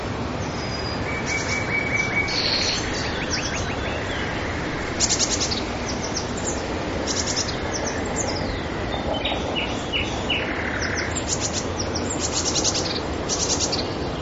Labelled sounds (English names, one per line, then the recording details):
Eurasian Blue Tit call
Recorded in the wild
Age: adult
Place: Karower Teiche, Naturpark Barnim, Berlin, DE
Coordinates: 52.6222, 13.4597
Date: 1993-05-12
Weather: clear, 25°C
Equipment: Aiwa HD-S1, Sennheiser MKH 70
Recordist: Frommolt, Karl-Heinz